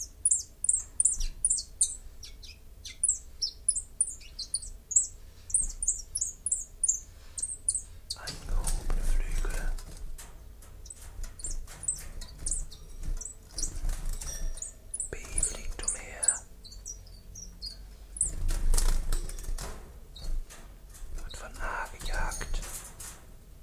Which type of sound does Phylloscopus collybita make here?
song